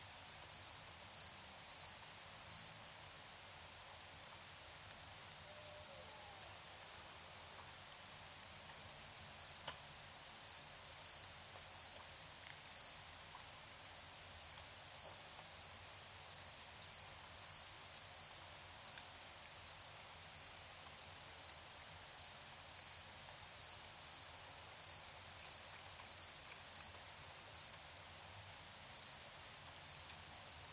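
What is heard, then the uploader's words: Crickets chirp in short, high, bright pulses, sounding in quick bursts across most of the stretch, with a pause of several seconds early on before they resume more steadily. Underneath runs a constant soft hiss, and the low range stays quiet. The sound of crickets is a nighttime sound. Recorded in Tiny, Ontario by Anton Pickard.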